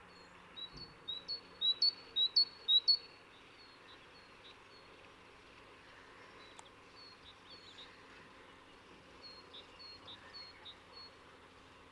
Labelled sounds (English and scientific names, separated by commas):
Great Tit (Parus major) song